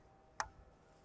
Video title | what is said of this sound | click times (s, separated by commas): How To Cock/De-Cock your Ravin Crossbow (Step-By-Step) | click click if it does not click | 0.4 s